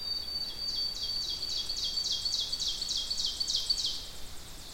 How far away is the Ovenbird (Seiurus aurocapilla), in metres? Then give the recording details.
about 30 m. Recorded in boreal forest in Alberta, Canada, on 2 June 2016 at 07:43. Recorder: SongMeter 3, array SBT-3-7. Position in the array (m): 201 m, 129 m. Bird 8